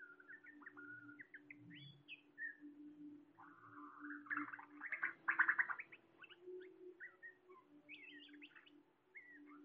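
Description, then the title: Bird twittering and chirping, with a dense rattly burst midway, over a steady low hum. "SuaraBurung Kicau"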